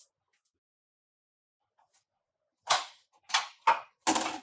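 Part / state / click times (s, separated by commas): handrail arms into raised toilet seat frame / seated / 2.7 s, 3.3 s, 3.7 s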